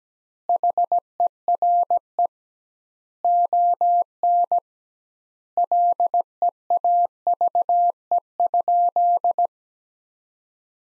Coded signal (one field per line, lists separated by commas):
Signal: Morse code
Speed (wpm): 17 wpm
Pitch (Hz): 700 Hz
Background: none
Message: HERE ON LEAVE?